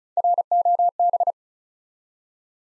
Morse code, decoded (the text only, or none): ROB